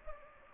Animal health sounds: mosquito wingbeat signal from an infrared sensor; Anopheles gambiae

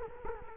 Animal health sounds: mosquito wingbeat signal from an infrared sensor; Culex quinquefasciatus

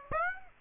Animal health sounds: mosquito wingbeat signal from an infrared sensor; Aedes aegypti

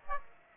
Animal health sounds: mosquito wingbeat signal from an infrared sensor; Aedes aegypti

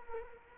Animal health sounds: mosquito wingbeat signal from an infrared sensor; Culex quinquefasciatus

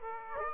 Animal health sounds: mosquito wingbeat signal from an infrared sensor; Aedes aegypti

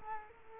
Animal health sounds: mosquito wingbeat signal from an infrared sensor; Culex quinquefasciatus

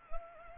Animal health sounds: mosquito wingbeat signal from an infrared sensor; Anopheles arabiensis

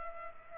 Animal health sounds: mosquito wingbeat signal from an infrared sensor; Culex pipiens

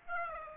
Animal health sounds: mosquito wingbeat signal from an infrared sensor; Aedes aegypti

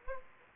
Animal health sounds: mosquito wingbeat signal from an infrared sensor; Anopheles gambiae

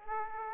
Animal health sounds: mosquito wingbeat signal from an infrared sensor; Aedes aegypti

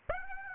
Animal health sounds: mosquito wingbeat signal from an infrared sensor; Aedes aegypti

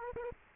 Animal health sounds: mosquito wingbeat signal from an infrared sensor; Aedes aegypti

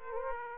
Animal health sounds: mosquito wingbeat signal from an infrared sensor; Aedes aegypti

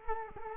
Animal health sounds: mosquito wingbeat signal from an infrared sensor; Culex quinquefasciatus

